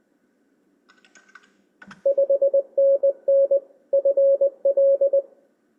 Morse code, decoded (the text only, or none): 5NN FL